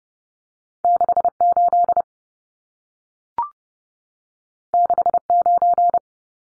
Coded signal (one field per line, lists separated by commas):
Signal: Morse code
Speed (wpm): 30 wpm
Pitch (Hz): 700 Hz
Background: none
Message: 68 69